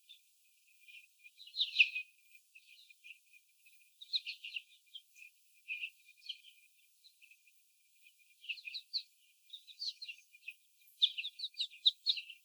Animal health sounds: young laying hens in a cage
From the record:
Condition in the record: before the stressor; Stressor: sudden umbrella opening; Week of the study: 3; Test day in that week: 2

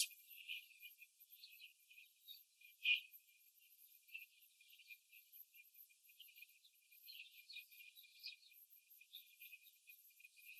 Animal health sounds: young laying hens in a cage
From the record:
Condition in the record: after the stressor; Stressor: simulated dog barking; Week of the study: 3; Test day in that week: 2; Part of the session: 3

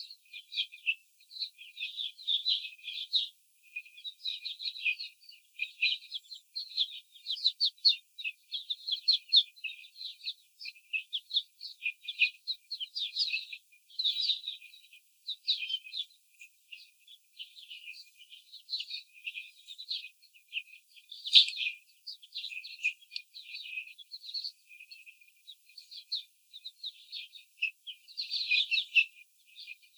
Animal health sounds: young laying hens in a cage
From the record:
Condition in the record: after the stressor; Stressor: simulated dog barking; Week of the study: 4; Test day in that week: 2

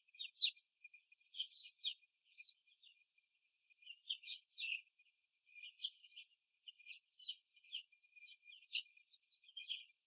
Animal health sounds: young laying hens in a cage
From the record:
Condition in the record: before the stressor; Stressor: simulated dog barking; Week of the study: 3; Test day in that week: 1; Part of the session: 1

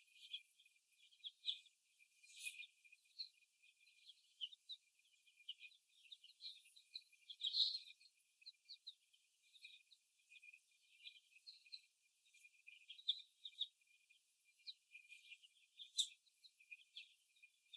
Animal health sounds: young laying hens in a cage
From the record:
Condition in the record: before the stressor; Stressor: simulated dog barking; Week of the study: 1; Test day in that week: 1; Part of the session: 4

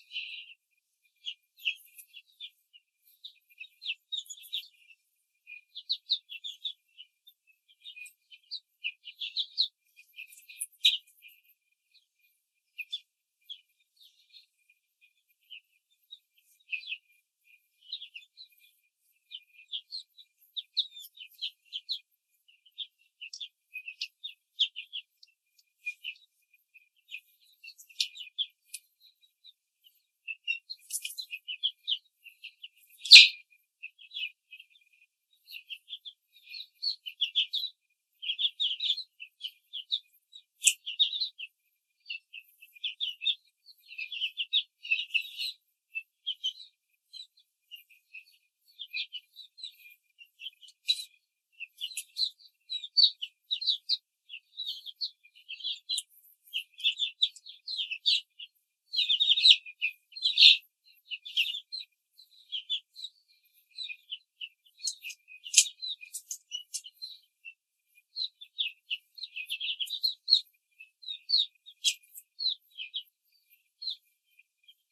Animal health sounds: young laying hens in a cage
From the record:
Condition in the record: control cage, after the stress test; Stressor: none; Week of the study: 4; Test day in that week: 1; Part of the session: 3

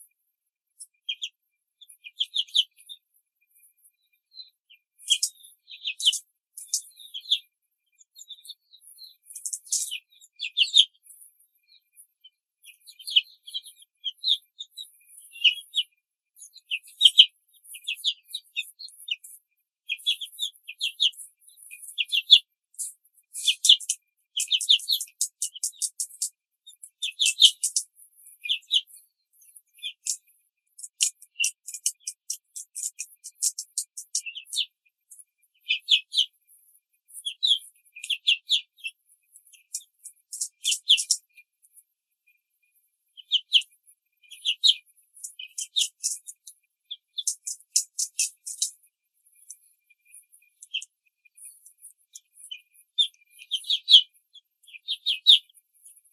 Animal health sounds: young laying hens in a cage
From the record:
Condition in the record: control cage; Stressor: none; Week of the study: 5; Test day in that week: 1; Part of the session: 2

